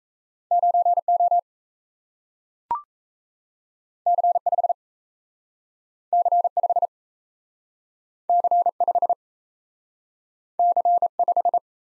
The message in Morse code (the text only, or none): 9O C5 C5 C5 C5